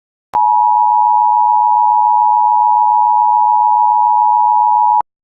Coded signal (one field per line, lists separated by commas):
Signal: Emergency Alert System (SAME) tones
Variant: 853 and 960 Hz attention tone